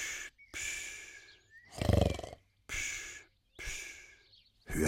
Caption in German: Gibt er erst ein gemütliches Ferkelgrunzen von sich. Und dann geht's los. volles Rohr. Der Mann auf der Couch schnarcht nicht wie andere Menschen. Er schnarcht im Dreivierteltakt. Eins, zwei, drei, eins, zwei, drei. Das ist ein Walzertakt.